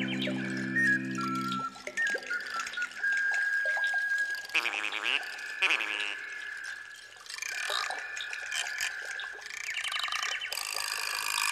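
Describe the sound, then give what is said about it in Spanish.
Frogs croak in pulsing, ratchety bursts over sustained musical tones, with bubbly, watery drips mixed in throughout, steady and fairly loud. “Croac, croac, pan, pan, croac, croac, pan, pan, pan, pan.”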